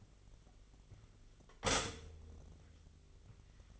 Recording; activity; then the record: daily activity, microphone in the room; stop toaster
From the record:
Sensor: 4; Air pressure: 1002.7 hPa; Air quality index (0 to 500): 232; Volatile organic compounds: 15 ppm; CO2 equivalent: 2515 ppm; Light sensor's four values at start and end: 21/73/27/27 and 18/60/22/21